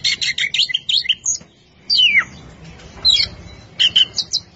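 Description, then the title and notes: Oriental magpie-robin giving rapid chirping notes, a pause, a long falling slurred whistle, then short squeaky phrases. Champion singing bird. "Kicau Burung Kacer Juara. Suara Kicauan Burung Kacer Juara"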